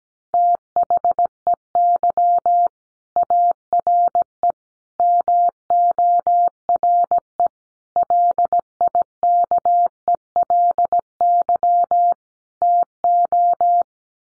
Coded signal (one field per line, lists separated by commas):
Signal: Morse code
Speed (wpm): 17 wpm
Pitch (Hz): 700 Hz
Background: none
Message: THEY ARE MORE LIKELY TO